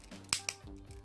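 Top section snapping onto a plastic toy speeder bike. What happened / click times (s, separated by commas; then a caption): The plastic section clicked in but did not fully seat / 0.3 s. The top section of a plastic Star Wars Return of the Jedi Imperial Speeder Bike (POTF) toy is lined up with its hole and pushed down and back, giving a sharp click at 0.3 s and a second, softer click just after over faint background hum. The top part clicks in, but the small front clip has not engaged.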